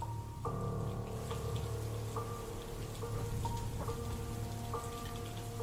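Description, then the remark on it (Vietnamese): Light afternoon drizzle falling on a street makes a steady, even hiss with faint scattered droplet taps, while soft sustained tones hum quietly underneath. No one speaks. “Mưa chiều lất phất vô tình, từng giọt nước mưa táp vào mặt như hành hạ những người đi bộ.”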